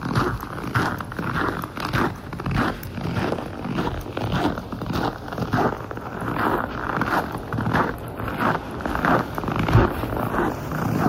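Footsteps crunch through fresh snow at a steady walking pace, roughly two steps each second. Each step is a dense, grainy crunch with a soft low thud beneath it, and a faint continuous hiss of the outdoors sits behind the steps.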